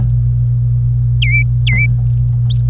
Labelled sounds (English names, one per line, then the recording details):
Domestic Canary song
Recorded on 25 April 2018 at 14:29
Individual llb3